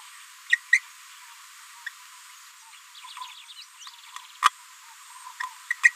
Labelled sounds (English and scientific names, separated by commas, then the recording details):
Green-rumped Parrotlet (Forpus passerinus) babbling
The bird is a female
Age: 30 days
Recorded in a nest box in Venezuela
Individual 17B73B3